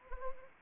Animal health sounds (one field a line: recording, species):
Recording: mosquito wingbeat signal from an infrared sensor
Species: Anopheles arabiensis